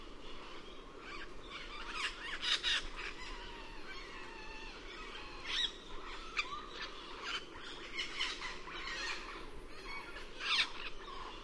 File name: cuban parrot